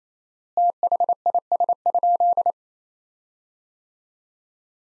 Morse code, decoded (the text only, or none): THIS?